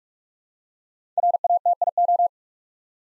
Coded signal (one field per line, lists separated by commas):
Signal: Morse code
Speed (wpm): 44 wpm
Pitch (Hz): 700 Hz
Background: none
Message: RATIO